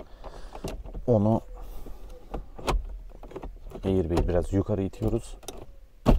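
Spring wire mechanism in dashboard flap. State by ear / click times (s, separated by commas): not seated / none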